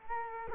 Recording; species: mosquito wingbeat signal from an infrared sensor; Culex quinquefasciatus